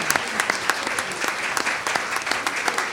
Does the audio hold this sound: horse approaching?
no